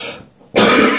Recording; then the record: coughing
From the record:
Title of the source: Spring Cold Coughing 3